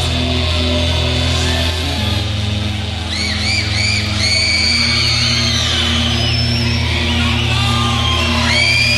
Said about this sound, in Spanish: Escucho el grito ensombrecedor desde el infinito.